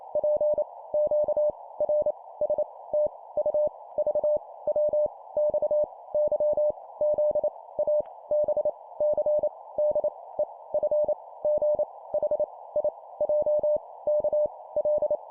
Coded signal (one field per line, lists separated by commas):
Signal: Morse code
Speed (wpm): 28 wpm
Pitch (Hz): 600 Hz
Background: none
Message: P Q R S T U V W X Y Z A B C D E F G H I J K L